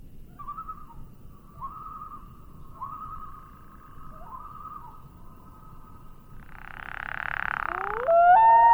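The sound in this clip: Common loon giving a series of quavering tremolo notes for about five seconds, then a burst of breathy noise and a rising, sustained wail at the end.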